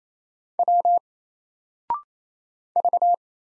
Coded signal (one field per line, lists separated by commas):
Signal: Morse code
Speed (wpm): 27 wpm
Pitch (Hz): 700 Hz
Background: none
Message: W V